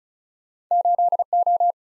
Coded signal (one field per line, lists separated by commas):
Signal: Morse code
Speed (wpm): 47 wpm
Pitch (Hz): 700 Hz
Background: none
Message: 8 O